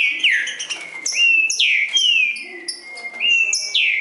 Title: Trinca Ferro NICÃ O No Mato Disputando Com Solto